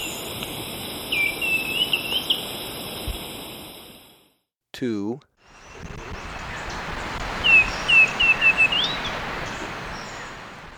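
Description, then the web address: Black-and-white becard giving two runs of short, descending whistled notes that end in a rising note. A steady insect drone sits under the first run, and a long gap separates the two runs. Ecuador. "Birds of Ecuador. Black-And-White Becard"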